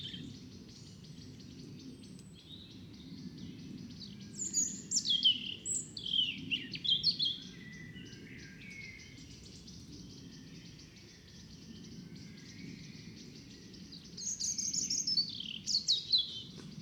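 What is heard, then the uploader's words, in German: An evening outdoors near a fox den, under a steady low rumble of noise. Bright, quick bird chirps and trills come in bursts around the fifth to seventh seconds and again near the end, over a faint, constant insect hiss. Ein Abend vor dem Fuchsbau (Kopfhörerfassung). Dieses Mal war ich mit dem Kunstkopf angerückt.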